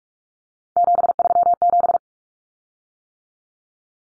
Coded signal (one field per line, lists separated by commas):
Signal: Morse code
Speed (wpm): 44 wpm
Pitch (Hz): 700 Hz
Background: none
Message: 737